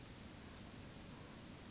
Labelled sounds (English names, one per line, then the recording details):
Pacific Wren
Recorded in Sonoma County, California